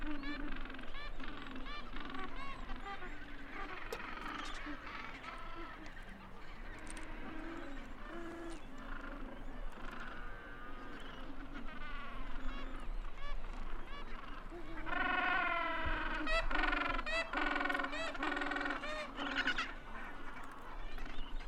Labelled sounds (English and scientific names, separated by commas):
Gentoo Penguin (Pygoscelis papua) call